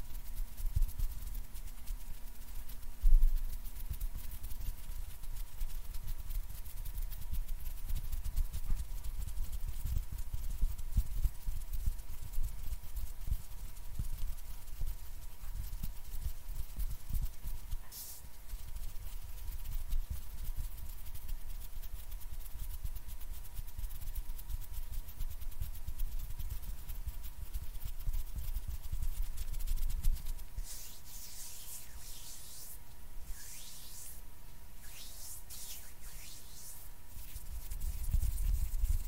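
Intense hand sounds: a dense, continuous rubbing and scraping texture, mostly low and grainy, with a sharp knock near the start. A thin steady whine runs underneath. After about thirty seconds, brighter swishing strokes sweep in several times before heavier rubbing returns.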